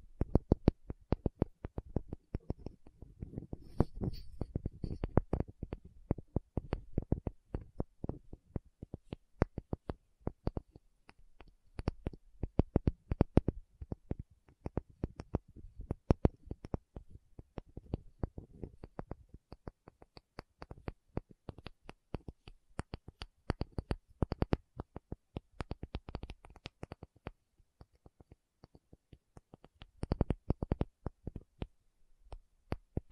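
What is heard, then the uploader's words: A tapping session with no talking: quick, irregular taps and clicks follow one another densely for the whole half minute. Some strikes are sharp and bright, others duller with a low thud, and a few busier bursts arrive near 4, 26 and 31 seconds. Tapping Session (No Talking).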